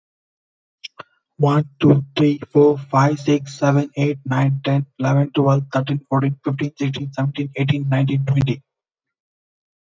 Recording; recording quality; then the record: counting at a fast pace; excellent, no background noise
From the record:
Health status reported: healthy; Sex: male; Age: 36 years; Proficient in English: yes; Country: India